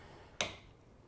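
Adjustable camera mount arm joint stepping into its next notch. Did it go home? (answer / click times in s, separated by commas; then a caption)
yes / 0.4 s. The adjustable arm of an overhead camera mount on a piano is raised up one position to correct a low camera angle. A single sharp, bright click sounds at 0.4 s, ringing briefly before fading into quiet. The arm joint seats firmly in its next notch.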